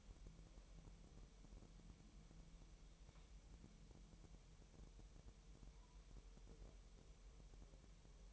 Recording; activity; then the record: daily activity, microphone in the room; wipe stove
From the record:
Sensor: 1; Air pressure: 1001.0 hPa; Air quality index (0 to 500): 248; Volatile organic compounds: 149 ppm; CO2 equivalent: 4018 ppm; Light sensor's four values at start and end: 12/29/12/13 and 12/29/12/13